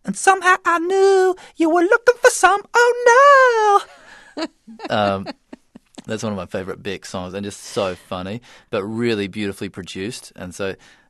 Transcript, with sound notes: And somehow I knew you were looking for some. Oh, no.
(SOUNDBITE OF LAUGHTER)
That's one of my favorite Beck songs. It is so funny, but really beautifully produced.